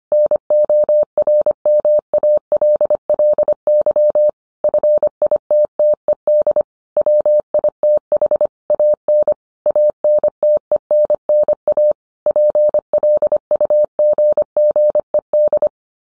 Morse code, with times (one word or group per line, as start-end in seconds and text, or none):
0.1-4.3 NORMALLY
4.6-6.6 FITTED
7.0-8.5 WITH
8.7-9.3 AN
9.7-11.9 ANTENNA
12.3-15.7 PLUGGED